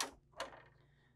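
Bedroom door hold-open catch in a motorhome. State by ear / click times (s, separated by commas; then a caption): seated / 0.0 s, 0.4 s. In a 2024 Bay Star Sport motorhome, the bedroom door is pushed open after its black release mechanism is pressed, and its hold-open catch locks it in the open position. Two sharp clicks are heard at 0.0 s and 0.4 s, the second followed by a faint ringing tail. The catch seats and holds the door open.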